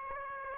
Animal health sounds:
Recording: mosquito wingbeat signal from an infrared sensor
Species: Aedes aegypti

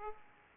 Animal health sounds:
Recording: mosquito wingbeat signal from an infrared sensor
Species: Aedes aegypti

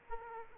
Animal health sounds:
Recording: mosquito wingbeat signal from an infrared sensor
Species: Aedes aegypti

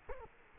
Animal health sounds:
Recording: mosquito wingbeat signal from an infrared sensor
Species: Culex quinquefasciatus

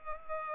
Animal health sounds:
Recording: mosquito wingbeat signal from an infrared sensor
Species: Culex pipiens

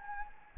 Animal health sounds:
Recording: mosquito wingbeat signal from an infrared sensor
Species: Anopheles gambiae

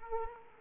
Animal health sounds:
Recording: mosquito wingbeat signal from an infrared sensor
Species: Aedes aegypti

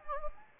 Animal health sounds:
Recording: mosquito wingbeat signal from an infrared sensor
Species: Anopheles gambiae

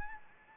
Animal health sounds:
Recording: mosquito wingbeat signal from an infrared sensor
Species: Anopheles gambiae

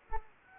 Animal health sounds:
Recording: mosquito wingbeat signal from an infrared sensor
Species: Anopheles gambiae

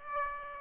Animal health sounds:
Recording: mosquito wingbeat signal from an infrared sensor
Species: Aedes aegypti

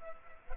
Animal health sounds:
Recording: mosquito wingbeat signal from an infrared sensor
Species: Culex pipiens

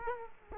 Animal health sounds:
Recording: mosquito wingbeat signal from an infrared sensor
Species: Culex quinquefasciatus

